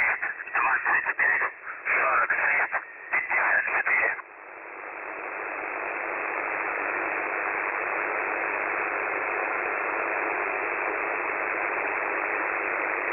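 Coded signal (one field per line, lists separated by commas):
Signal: numbers station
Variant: UVB-76, Russian voice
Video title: The Buzzer/UVB-76 Voice Message (December 4, 2020 10:12 UTC)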